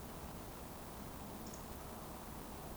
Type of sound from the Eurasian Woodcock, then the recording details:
whistle. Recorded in Baden-Württemberg, Germany, on 24 June 2020 at 20:19 UTC. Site 14569, 102 m above sea level